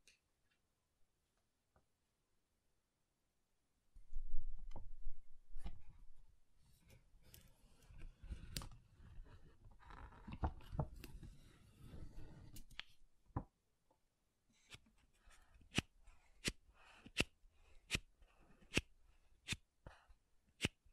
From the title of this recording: MAKEUP TAPPING & SCRATCHING